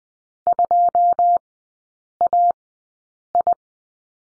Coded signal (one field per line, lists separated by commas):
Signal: Morse code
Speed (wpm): 20 wpm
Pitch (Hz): 700 Hz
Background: none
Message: 2AI